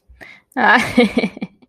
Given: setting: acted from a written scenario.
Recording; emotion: vocal sound without words; amusement